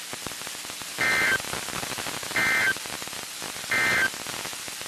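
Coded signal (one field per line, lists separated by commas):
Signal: Emergency Alert System (SAME) tones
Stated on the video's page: NOAA Weather Radio severe thunderstorm, tornado and flash flood warnings for North and Central Texas.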